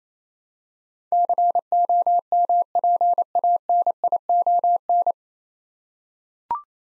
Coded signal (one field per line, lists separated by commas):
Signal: Morse code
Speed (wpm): 28 wpm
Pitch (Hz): 700 Hz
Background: none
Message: COMPANION